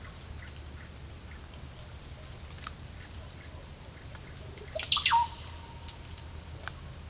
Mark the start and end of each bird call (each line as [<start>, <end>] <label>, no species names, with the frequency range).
[0.00, 1.40] bird call (0.9-5.9 kHz)
[2.83, 5.33] bird call (0.2-10.6 kHz)